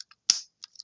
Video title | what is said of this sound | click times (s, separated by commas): Transformers Legacy commander class motormaster | and it'll push down until it snaps in | 0.3 s